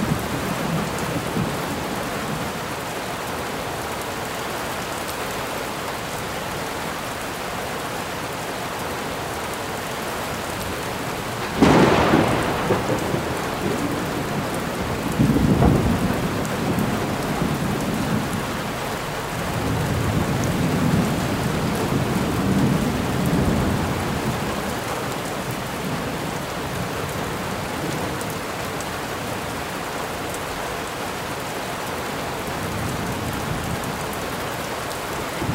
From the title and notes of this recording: Thunderstorm in the City. The raindrops patter against the pavement and thunder rumbles in the distance. Natural soundscapes with no dialogue or voice.